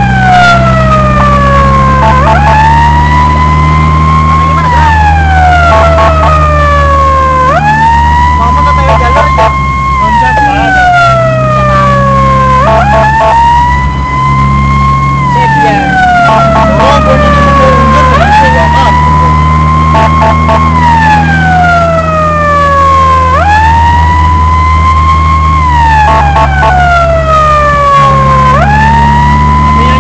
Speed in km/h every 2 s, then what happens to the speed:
49, 55, 56, 54, 49, 46, 50, 51, 52, 55, 60, 59, 56, 49, 54.
0-3 speeds up to 56. 3-9 slows to 46. 9-20 speeds up to 60. 20-25 slows to 49.